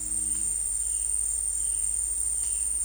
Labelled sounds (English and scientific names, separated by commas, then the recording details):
none
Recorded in secondary vegetation near Puerto Asís, Putumayo, Colombia, on 22 December 2024 at 13:30
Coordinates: 0.484, -76.319
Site GP06